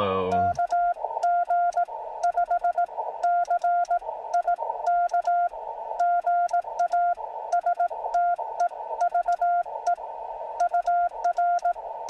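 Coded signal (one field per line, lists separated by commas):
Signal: Morse code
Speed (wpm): 18 wpm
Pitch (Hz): 690 Hz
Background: none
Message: KG5CIK GA STEVE UR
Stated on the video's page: CW Parks on the Air activation on 17m from a Jeep, using a Yaesu FT-891 and ATAS-120A antenna on battery power.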